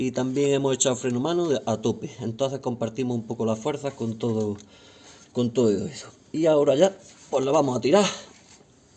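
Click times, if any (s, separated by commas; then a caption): none. A rubber drive belt is being pulled by hand onto an engine pulley of a BMW E60 (M54B22) during a crankshaft damper and seal job. Someone talks throughout, with a few pauses in between. Nothing has seated or clicked yet; the belt has not dropped into the pulley groove.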